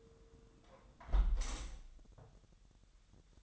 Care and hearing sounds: daily activity, microphone in the room; close window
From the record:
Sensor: 3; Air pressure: 999.8 hPa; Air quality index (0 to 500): 221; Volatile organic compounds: 83 ppm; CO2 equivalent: 3633 ppm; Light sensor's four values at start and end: 10/23/9/9 and 9/22/9/9

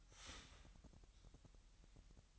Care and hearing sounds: daily activity, microphone in the room; start toaster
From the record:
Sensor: 3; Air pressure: 1001.9 hPa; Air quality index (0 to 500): 247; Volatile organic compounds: 51 ppm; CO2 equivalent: 3305 ppm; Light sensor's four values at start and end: 13/39/17/15 and 13/39/17/15

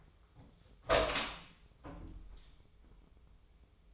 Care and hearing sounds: daily activity, microphone in the room; open door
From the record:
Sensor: 1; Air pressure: 1005.0 hPa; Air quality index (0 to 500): 92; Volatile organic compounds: 2 ppm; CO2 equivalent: 1250 ppm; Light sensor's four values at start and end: 10/24/10/10 and 10/25/10/11

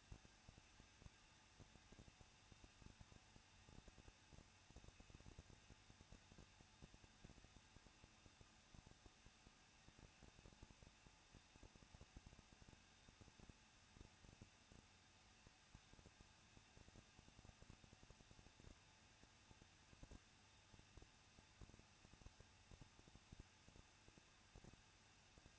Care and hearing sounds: daily activity, microphone in the room; no activity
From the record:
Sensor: 2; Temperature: 21.0 degrees Celsius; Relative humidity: 37.3%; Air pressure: 1006.2 hPa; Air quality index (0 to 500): 221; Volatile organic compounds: 23 ppm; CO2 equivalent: 2796 ppm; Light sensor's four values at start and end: 2/3/2/2 and 2/3/2/2

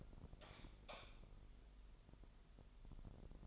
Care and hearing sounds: daily activity, microphone in the room; light on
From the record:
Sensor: 5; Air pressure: 995.4 hPa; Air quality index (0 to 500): 95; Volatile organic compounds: 5 ppm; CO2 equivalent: 1808 ppm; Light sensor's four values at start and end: 35/81/33/33 and 36/86/35/35

